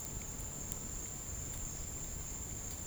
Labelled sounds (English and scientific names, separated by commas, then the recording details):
none
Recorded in dense forest near Puerto Asís, Putumayo, Colombia, on 27 June 2025 at 10:00
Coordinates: 0.503, -76.323
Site G059